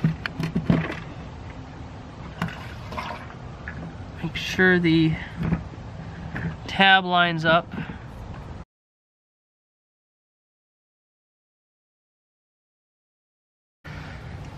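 A metal lock ring is handled over the fuel pump module flange at the truck's fuel tank opening while someone talks about lining up the tab, with sharp transient knocks and clatters at 0.3, 0.4, 2.4, 3.7 and 6.4 seconds. The sound then drops to near silence for several seconds before low noise returns. Nothing has seated or clicked yet; the ring is not yet locked into place.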